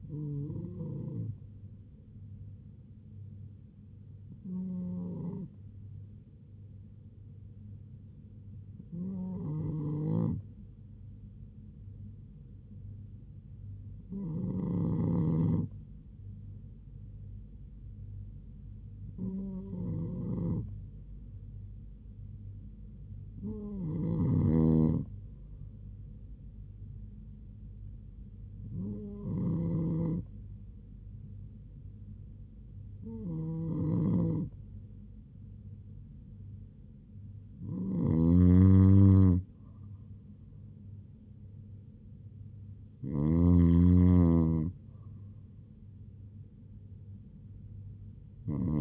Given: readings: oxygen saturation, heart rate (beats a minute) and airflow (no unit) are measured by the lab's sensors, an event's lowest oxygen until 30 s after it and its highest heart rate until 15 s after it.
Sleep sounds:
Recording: breathing in sleep by a smartphone at the bedside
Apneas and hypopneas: 1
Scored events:
6.00-32.50 s: hypopnea (REM, oxygen 98% highest, then 95% lowest, heart rate 78 at the start, 83 highest)
From the record:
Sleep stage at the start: REM sleep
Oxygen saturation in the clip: 96 to 98%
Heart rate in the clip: 76 to 83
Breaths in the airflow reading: 10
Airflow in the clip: -3.3 to 3.2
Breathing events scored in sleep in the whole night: 158 in 7.3 hours asleep

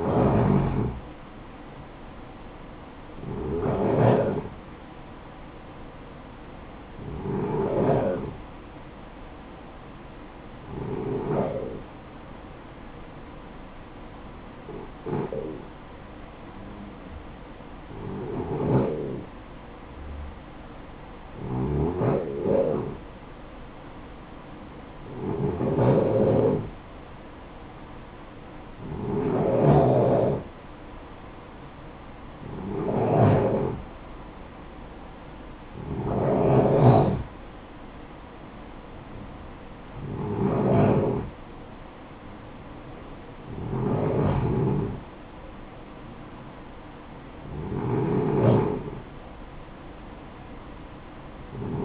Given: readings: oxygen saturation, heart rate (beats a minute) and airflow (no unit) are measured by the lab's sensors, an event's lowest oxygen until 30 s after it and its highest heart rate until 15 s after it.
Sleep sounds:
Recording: breathing in sleep by a voice recorder at the bedside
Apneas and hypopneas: none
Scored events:
none scored
From the record:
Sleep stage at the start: N1 (lightest sleep)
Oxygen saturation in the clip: 79 to 95%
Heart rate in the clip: 57 to 66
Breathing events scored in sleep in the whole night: 573 in 9.8 hours asleep

